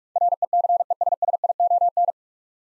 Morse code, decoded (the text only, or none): RECESSION